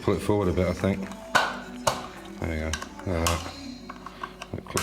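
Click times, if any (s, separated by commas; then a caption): 1.9 s. Someone talks while pulling a movable part of a workshop machine, possibly a welder, forward a bit and then pushing it back. A single sharp click at 1.9 s marks the part seating back into place, ready to go, followed by a few lighter taps near the end.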